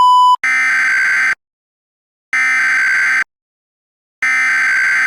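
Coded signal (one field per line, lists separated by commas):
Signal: Emergency Alert System (SAME) tones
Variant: header bursts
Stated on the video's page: Fictional EAS scenario made with CapCut and Canva.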